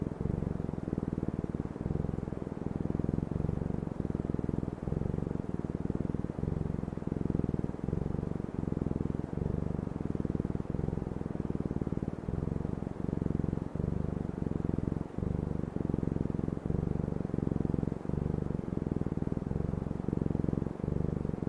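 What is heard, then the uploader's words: A cat purrs steadily, a deep, low rumble that never stops for the full length. Brief dips break it every second or so as the cat draws breath, with a faint soft hiss sitting above. Cat Purring Sounds with Gentle White Noise.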